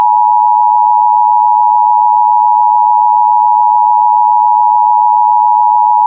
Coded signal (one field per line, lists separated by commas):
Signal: Emergency Alert System (SAME) tones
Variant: 853 and 960 Hz attention tone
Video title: EAS Mock #11: 2021 National Periodic EAS Test (8/11/21)